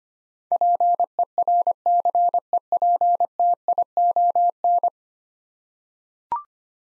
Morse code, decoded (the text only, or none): PERCEPTION